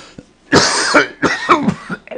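A quick run of harsh, noisy throat-clearing bursts from an adult man: one long rasping clear, then three or four shorter voiced hacks within about two seconds. This is chronic throat clearing from sensory neuropathic cough, present for 36 years. He clears in response to a sensation that something is there, sometimes like paper, and it is momentarily better afterwards.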